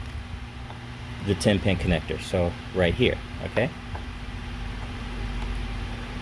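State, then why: Not seated. A 10-pin plastic wire harness connector is handled at the header on a welder's control board, the flexible board supported from underneath by a finger. Someone talks over a steady low hum. Nothing has seated or clicked yet; the clip ends before the connector goes home.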